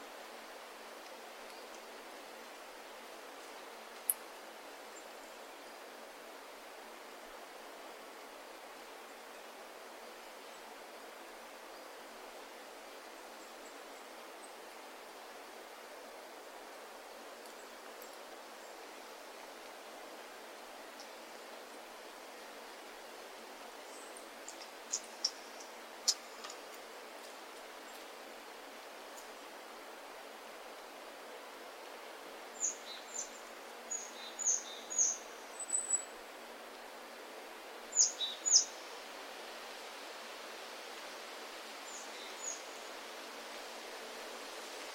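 Wind moves steadily through the forest, a soft, even rush with no low rumble beneath it. Faint, brief high ticks appear near 4 and 25 seconds, then a cluster of bright, chirp-like sounds between about 32 and 39 seconds.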